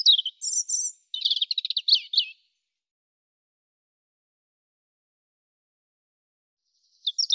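European robin song: a high, varied warbling phrase with thin whistles and rapid trills for about two seconds, then silence before a brief new phrase starts at the end.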